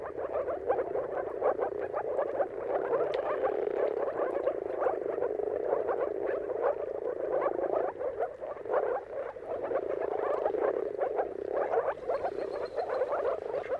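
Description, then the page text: Moor frog chorus of many overlapping low, gurgling pulsed calls, continuous and thick, with slight dips and swells over the whole stretch. Mating calls of many moor frogs in a dawn chorus at sunrise, at the turn of March and April, timing depending on the weather. "Jakub-Orzecki moor frogs. Dawn’s Chorus: Mating Calls of Marsh Frogs at Sunrise. Depending on the weather at the turn of March and April, you can witness an amazing spectacle of moor frogs"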